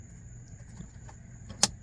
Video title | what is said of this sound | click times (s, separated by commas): Easiest Way to Change Car Cabin Air Filter | and then this one will just click right on on this side snapped | 1.6 s